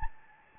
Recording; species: mosquito wingbeat signal from an infrared sensor; Anopheles gambiae